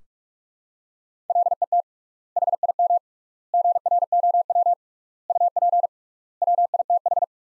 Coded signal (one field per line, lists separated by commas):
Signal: Morse code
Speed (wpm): 46 wpm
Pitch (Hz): 700 Hz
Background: none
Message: LET HIM GROW UP WITH